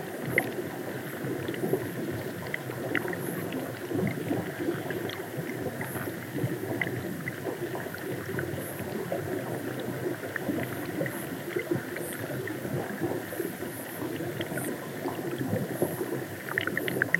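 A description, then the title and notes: The River Allen, a chalk river, flows in a steady, dense rush of gurgling and bubbling water, thickest in the low-middle range. Countless small crackles and ticks flicker through it without pause, with occasional brighter clicks popping up every few seconds. A sonic immersion in the River Allen, UK, one of the world's few chalk rivers.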